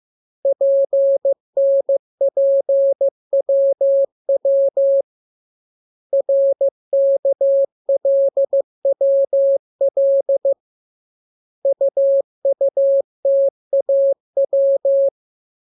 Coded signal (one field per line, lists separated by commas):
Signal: Morse code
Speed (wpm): 15 wpm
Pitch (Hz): 550 Hz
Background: none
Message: PNPWW RKLWL UUTAW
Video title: Learning Morse Code. Lesson 11. Letter KMURESNAPTLW